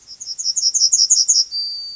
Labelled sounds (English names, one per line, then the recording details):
Yellowhammer song
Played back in grassland
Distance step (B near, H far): B
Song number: 020